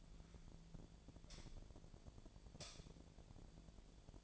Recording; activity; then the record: daily activity, microphone in the room; light on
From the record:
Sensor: 5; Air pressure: 1009.9 hPa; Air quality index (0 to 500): 158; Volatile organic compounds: 4 ppm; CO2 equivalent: 1548 ppm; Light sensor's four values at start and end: 178/452/188/202 and 179/454/189/203